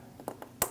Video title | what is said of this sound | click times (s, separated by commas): How to Replace AC Condenser & Receiver Drier Assembly 2016-2025 Chevrolet Malibu 1.5L L4 | Push down until you hear that click. | 0.6 s